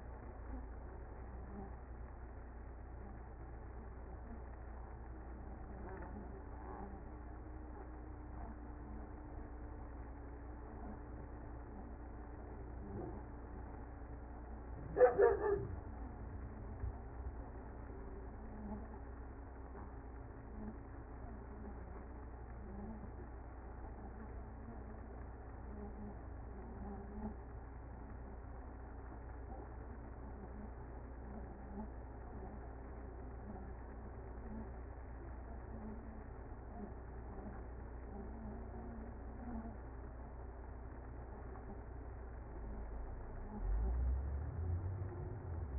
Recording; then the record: honeybee colony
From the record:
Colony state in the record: active